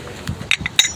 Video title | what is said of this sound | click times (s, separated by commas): 1.5 Ton Low Profile Harbor Freight Pittsburgh Jack - Harbor Freight Jack - Jack Reviews -Pittsburgh | pop it right on down it locks in place | 0.5 s, 0.8 s